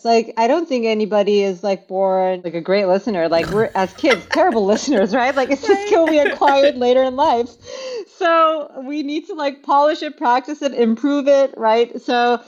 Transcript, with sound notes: Like I don’t think anybody is like born like a great listener. Like we’re as kids, terrible listeners, right? (laughs). Like it’s just skill we acquired later in life. So we need to like polish and practice and improve it, right?